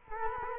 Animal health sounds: mosquito wingbeat signal from an infrared sensor; Culex quinquefasciatus

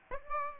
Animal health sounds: mosquito wingbeat signal from an infrared sensor; Aedes aegypti

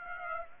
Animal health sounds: mosquito wingbeat signal from an infrared sensor; Aedes aegypti

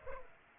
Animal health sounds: mosquito wingbeat signal from an infrared sensor; Aedes aegypti

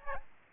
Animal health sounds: mosquito wingbeat signal from an infrared sensor; Aedes albopictus

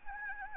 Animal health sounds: mosquito wingbeat signal from an infrared sensor; Anopheles gambiae

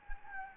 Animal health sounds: mosquito wingbeat signal from an infrared sensor; Anopheles gambiae

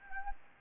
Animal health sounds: mosquito wingbeat signal from an infrared sensor; Anopheles gambiae

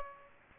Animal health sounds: mosquito wingbeat signal from an infrared sensor; Aedes aegypti

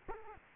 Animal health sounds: mosquito wingbeat signal from an infrared sensor; Culex quinquefasciatus

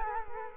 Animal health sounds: mosquito wingbeat signal from an infrared sensor; Culex quinquefasciatus

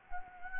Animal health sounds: mosquito wingbeat signal from an infrared sensor; Anopheles gambiae

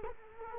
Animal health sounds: mosquito wingbeat signal from an infrared sensor; Culex quinquefasciatus

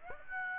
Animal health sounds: mosquito wingbeat signal from an infrared sensor; Aedes aegypti

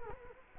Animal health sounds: mosquito wingbeat signal from an infrared sensor; Culex quinquefasciatus

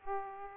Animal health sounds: mosquito wingbeat signal from an infrared sensor; Aedes aegypti

